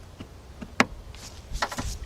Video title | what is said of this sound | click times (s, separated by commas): Chevy S10 Pickup GMC Sonoma Exhaust Manifold Or Exhaust Manifold Gasket Replacement | push that in and plug it up till you hear a little click. | 0.8 s